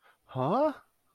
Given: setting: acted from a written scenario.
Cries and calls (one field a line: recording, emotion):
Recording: vocal sound without words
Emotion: positive surprise